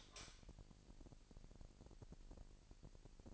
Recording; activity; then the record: daily activity, microphone in the room; light on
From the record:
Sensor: 5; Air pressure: 1002.0 hPa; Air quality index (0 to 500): 228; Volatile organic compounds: 31 ppm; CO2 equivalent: 2978 ppm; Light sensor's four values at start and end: 15/35/15/16 and 15/36/15/16